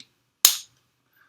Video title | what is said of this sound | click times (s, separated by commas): GoPro Hero 8 Black - Special Bundle Unboxing | You just have to push it down and you hear it click, and then you just have to open it up. | 0.4 s